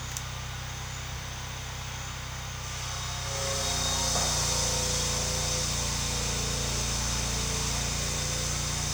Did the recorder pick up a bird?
no